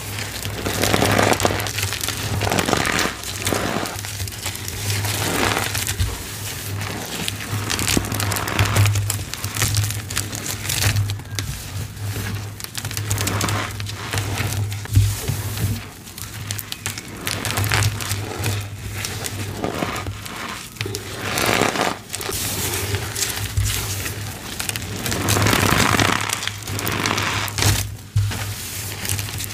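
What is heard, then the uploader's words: Eggshells filled with confetti are crushed and a chalky powder is crumbled, making dense, continuous crackling and crinkling with frequent sharper snaps, strongest around 3, 9, 15, 21 and 26 seconds. A steady low hum runs underneath throughout. Crushing eggs with confetti inside, eggs covered in squeaky cornstarch powder, and a powdery gym chalk slab crumble.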